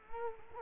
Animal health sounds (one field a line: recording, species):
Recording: mosquito wingbeat signal from an infrared sensor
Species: Culex quinquefasciatus